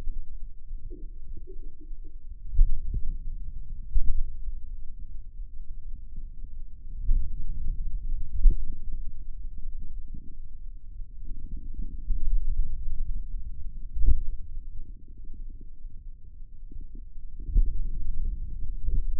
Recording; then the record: forearm muscle sounds (acoustic myography)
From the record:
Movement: pen grasping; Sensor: system 2, bracelet of six BSWA MPA416 microphones around the upper forearm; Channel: 4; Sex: male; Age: 22 years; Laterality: right